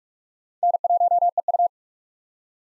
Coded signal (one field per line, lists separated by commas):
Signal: Morse code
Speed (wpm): 46 wpm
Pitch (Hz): 700 Hz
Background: none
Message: N1EU